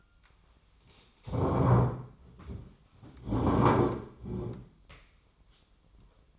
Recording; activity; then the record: daily activity, microphone in the room; stand up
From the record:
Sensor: 1